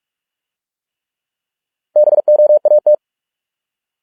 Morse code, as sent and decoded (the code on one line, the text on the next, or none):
-... --- .- -
BOAT